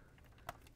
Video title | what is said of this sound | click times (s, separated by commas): Agora Models 1:18 scale Mitsubishi A6M Zero Fighter partwork kit pack 12 ALL DONE! | Click into place right there so | 0.5 s